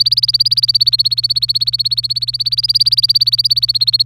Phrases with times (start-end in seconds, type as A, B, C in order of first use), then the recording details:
0.00-4.06 A. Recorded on 26 April 2018 at 16:33. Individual llb3